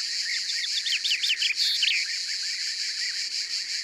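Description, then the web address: European bee-eater calls: a busy run of short rolling chirps around mid-high pitch, several overlapping, over a steady high insect-like buzz throughout. "Guepier-d Europe. abc de la nature"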